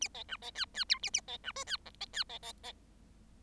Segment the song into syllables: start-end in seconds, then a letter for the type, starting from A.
0.01-0.08 A, 0.14-0.23 B, 0.28-0.37 C, 0.41-0.51 B, 0.55-0.65 D, 0.74-0.84 D, 0.89-0.99 E, 1.02-1.10 A, 1.13-1.20 A, 1.27-1.37 B, 1.43-1.52 C, 1.55-1.64 F, 1.66-1.77 D, 1.85-1.90 G, 2.00-2.06 B, 2.13-2.24 D, 2.29-2.38 B, 2.42-2.52 B, 2.63-2.72 B